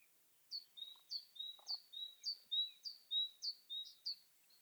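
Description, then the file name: Great tit song, a clean run of several high-low two-note phrases at an even pace, starting after a brief quiet moment. "Parus major"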